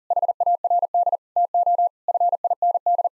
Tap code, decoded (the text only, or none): none